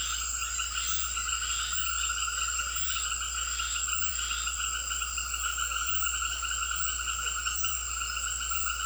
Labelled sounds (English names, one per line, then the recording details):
none
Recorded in secondary vegetation near Puerto Asís, Putumayo, Colombia, on 4 March 2025 at 18:30
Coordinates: 0.500, -76.326
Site GP04